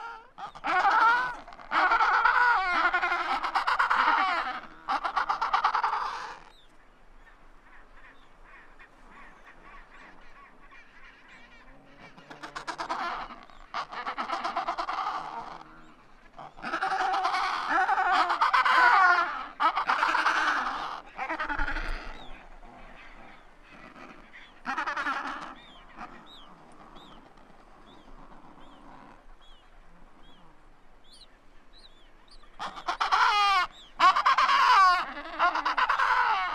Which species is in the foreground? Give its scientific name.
Pygoscelis adeliae